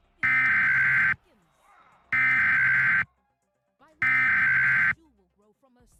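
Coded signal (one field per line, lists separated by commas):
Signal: Emergency Alert System (SAME) tones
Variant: header bursts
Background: speech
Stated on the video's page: EAS scenario recreation using valid EAS tones.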